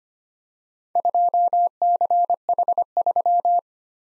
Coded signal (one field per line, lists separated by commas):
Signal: Morse code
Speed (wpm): 25 wpm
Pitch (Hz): 700 Hz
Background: none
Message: 2CH3